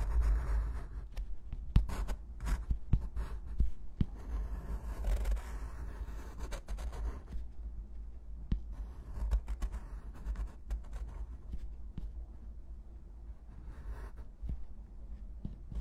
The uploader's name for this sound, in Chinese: 铅笔、钢笔写字声